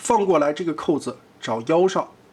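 Someone talks while the side skirt armor plate of a transforming alloy/plastic toy figure is swung back on its Z double joint so its tab can be clipped onto the waist. Nothing has seated or clicked yet; only a faint, brief sound comes at the very end, around 2.4 s.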